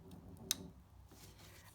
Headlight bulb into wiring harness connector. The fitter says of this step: onto the connector push it until it snaps into place